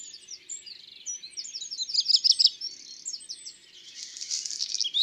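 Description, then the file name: Black redstart phrase of fast high descending notes leading into a harsh crackling rustle, ending with a sharp upward note. "Rougequeue noir ABC des chants doiseaux"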